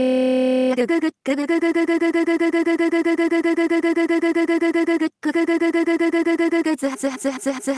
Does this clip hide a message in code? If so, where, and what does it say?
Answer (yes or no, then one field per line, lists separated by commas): no